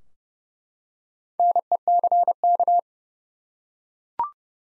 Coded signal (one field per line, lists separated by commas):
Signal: Morse code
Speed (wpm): 30 wpm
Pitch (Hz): 700 Hz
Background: none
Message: NECK